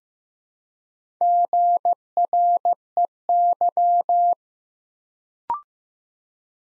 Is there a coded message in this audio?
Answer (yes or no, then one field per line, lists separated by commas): yes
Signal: Morse code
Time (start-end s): 1.2-4.3 s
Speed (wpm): 15 wpm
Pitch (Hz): 700 Hz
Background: none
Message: GREY